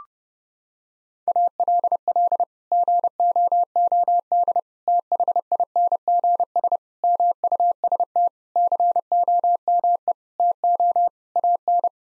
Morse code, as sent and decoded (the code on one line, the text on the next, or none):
.- .-.. .-.. / --. --- --- -.. / - .... .. -. --. ... / -- ..- ... - / -.-. --- -- . / - --- / .- -.
ALL GOOD THINGS MUST COME TO AN